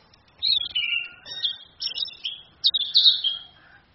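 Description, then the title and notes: Orange-headed thrush song: rich varied phrases of slurred whistles and chatters, with short pauses between bursts. Female; training (masteran) song for other birds, charged using a phone screen. "ANIS KEMBANG BETINA CAS DENGAN LAYAR HP. Masteran Anis Kembang"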